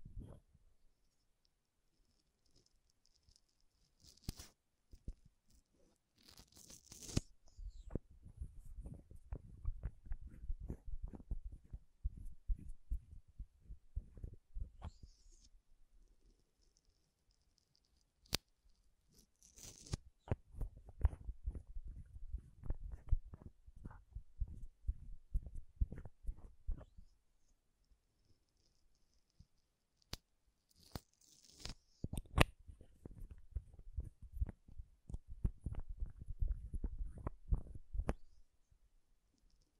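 Makeup tapping and scratching comes in three bursts of rapid, dense clicks and scrapes, roughly from 7 to 15, 19 to 27, and 31 to 39 seconds, with quiet gaps between. Thin brushing or rustling sounds mark the start of each burst, and a few isolated sharp taps fall in between.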